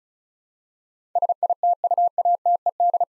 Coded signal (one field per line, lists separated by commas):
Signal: Morse code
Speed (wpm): 36 wpm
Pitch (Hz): 700 Hz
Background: none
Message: SITUATED